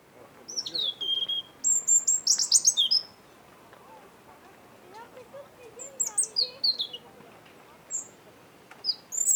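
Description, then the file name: European robin gives rapid, high, warbling phrases with thin sliding notes in several bursts, separated by short quiet gaps, over soft low background sound. "Erithacus rubecula"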